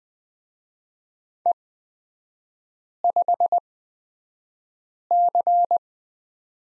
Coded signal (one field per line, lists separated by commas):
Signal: Morse code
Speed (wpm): 20 wpm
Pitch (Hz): 700 Hz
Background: none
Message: E5C